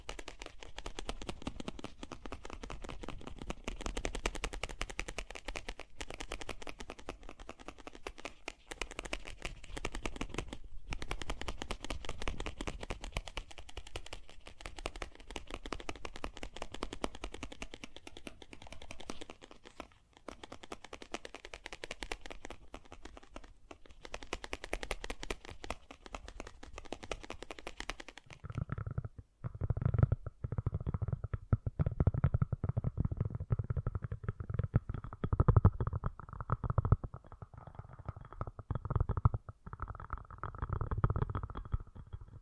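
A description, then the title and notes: Fast, gentle tapping runs densely throughout, crisp at first, then turning duller and deeper after about twenty-eight seconds. ASMR Fast & Gentle Tapping for Sleep 1 Hour (No Talking).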